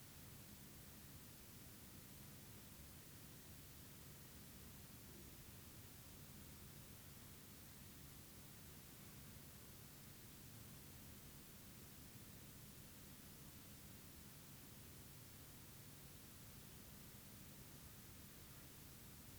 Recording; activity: daily activity, guitar pickup as the sensor; stand